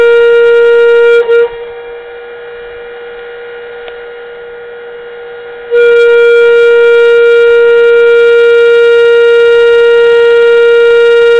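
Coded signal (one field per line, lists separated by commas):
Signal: coded fire alarm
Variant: FedelCode siren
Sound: loud steady reedy horn tone, brief stutter, long silence, then tone resumes steadily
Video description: The code wheel was set for 2 rounds in the Alarm Office.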